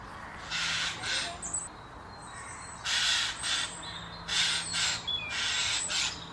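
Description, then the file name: Eurasian jay uttering loud, raspy screeches, often in pairs, repeated at irregular intervals, with faint thin whistles between them. "Garrulus glandarius"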